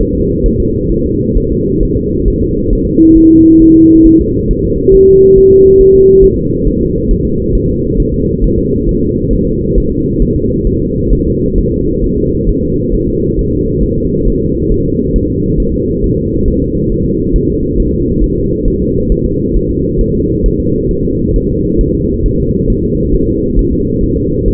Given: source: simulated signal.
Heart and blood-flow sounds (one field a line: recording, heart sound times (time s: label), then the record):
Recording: fetal heart sounds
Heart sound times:
0.01 s: S1
0.15 s: S2
0.46 s: S1
0.60 s: S2
0.92 s: S1
1.06 s: S2
1.38 s: S1
1.52 s: S2
1.83 s: S1
1.97 s: S2
2.28 s: S1
2.42 s: S2
2.73 s: S1
2.87 s: S2
3.17 s: S1
3.31 s: S2
3.62 s: S1
3.76 s: S2
4.06 s: S1
4.20 s: S2
4.51 s: S1
4.65 s: S2
4.95 s: S1
5.09 s: S2
5.38 s: S1
5.52 s: S2
5.81 s: S1
5.95 s: S2
6.24 s: S1
6.38 s: S2
6.67 s: S1
6.82 s: S2
7.11 s: S1
7.25 s: S2
7.55 s: S1
7.69 s: S2
8.00 s: S1
8.14 s: S2
8.44 s: S1
8.58 s: S2
8.89 s: S1
9.03 s: S2
9.33 s: S1
9.47 s: S2
9.78 s: S1
9.92 s: S2
10.22 s: S1
10.36 s: S2
10.67 s: S1
10.81 s: S2
11.13 s: S1
11.27 s: S2
11.58 s: S1
11.72 s: S2
12.04 s: S1
12.18 s: S2
12.49 s: S1
12.63 s: S2
12.94 s: S1
13.09 s: S2
13.39 s: S1
13.53 s: S2
13.83 s: S1
13.97 s: S2
14.28 s: S1
14.42 s: S2
14.72 s: S1
14.86 s: S2
15.16 s: S1
15.30 s: S2
15.60 s: S1
15.74 s: S2
16.04 s: S1
16.18 s: S2
16.48 s: S1
16.62 s: S2
16.92 s: S1
17.06 s: S2
17.36 s: S1
17.50 s: S2
17.80 s: S1
17.94 s: S2
18.24 s: S1
18.38 s: S2
18.68 s: S1
18.82 s: S2
19.12 s: S1
19.26 s: S2
19.56 s: S1
19.71 s: S2
20.01 s: S1
20.15 s: S2
20.46 s: S1
20.60 s: S2
20.91 s: S1
21.05 s: S2
21.36 s: S1
21.50 s: S2
21.81 s: S1
21.95 s: S2
22.26 s: S1
22.40 s: S2
22.70 s: S1
22.84 s: S2
23.14 s: S1
23.29 s: S2
23.59 s: S1
23.73 s: S2
24.03 s: S1
24.18 s: S2
24.48 s: S1
From the record:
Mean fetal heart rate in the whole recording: 135 bpm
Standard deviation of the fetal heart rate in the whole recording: 3 bpm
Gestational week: 36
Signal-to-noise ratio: -10.2 dB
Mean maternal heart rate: 72 bpm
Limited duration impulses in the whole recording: present